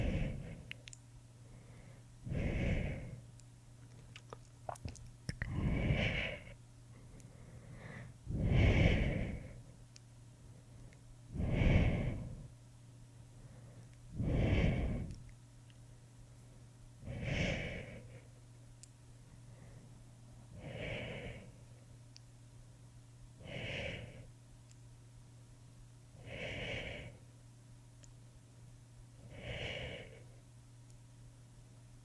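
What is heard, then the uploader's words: Breathy shushing bursts repeat at a steady pace, about every three seconds, each lasting roughly a second. The early ones are louder and fuller, later ones softer. A few faint tongue clicks appear early, over a constant low hum throughout. Tongue clicking, shh, boop.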